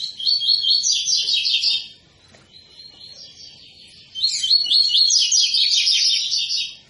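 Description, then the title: Double-collared seedeater singing two fast, chattering high-pitched phrases separated by a softer pause. Tui-tui song style, a teacher song for training young birds; the bird is described as 'fibra'. "COLEIRO TUI TUI FIBRA CANTO PROFESSOR"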